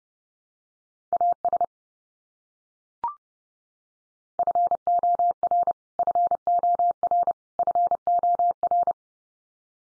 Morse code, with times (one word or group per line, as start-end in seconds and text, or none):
1.1-1.6 AS
4.4-5.7 FOR
6.0-7.3 FOR
7.6-8.9 FOR